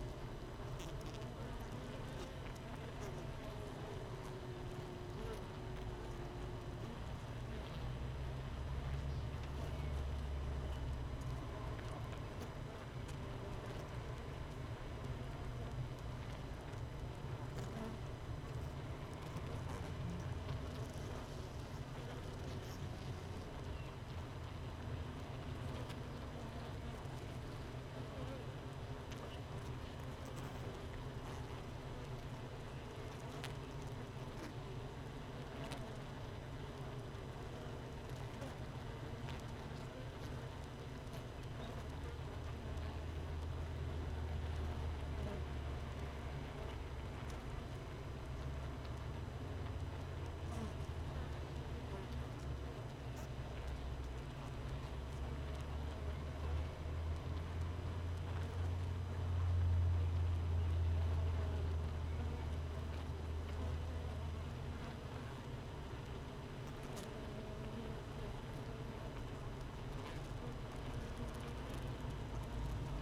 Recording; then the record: honeybee colony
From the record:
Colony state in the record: missing queen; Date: 31 May 2018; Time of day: 15:13